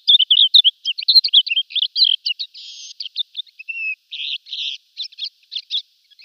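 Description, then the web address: African desert warbler song: a fast, high scratchy jumble of chirps and trills, almost continuous, with brief buzzy notes and short gaps near the end. "Schulze Peter African Desert Warbler"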